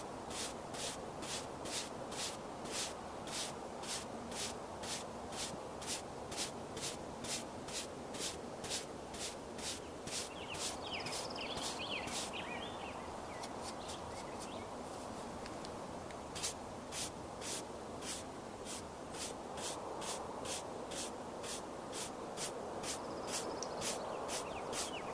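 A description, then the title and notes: Makeup being done outside on a sunny day: a steady soft rubbing hiss runs throughout, with crisp ticks repeating about twice a second. The ticking pauses briefly midway while a few bird chirps come through, and another faint chirp returns near the end. Doing Your Makeup Outside on a Sunny Day.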